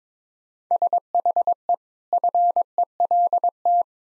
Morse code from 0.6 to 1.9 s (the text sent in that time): SHE